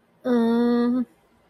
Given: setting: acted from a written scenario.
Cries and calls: vocal sound without words; guilt

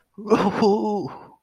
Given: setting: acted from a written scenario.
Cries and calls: vocal sound without words; triumph

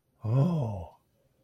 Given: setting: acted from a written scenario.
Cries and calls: vocal sound without words; awe

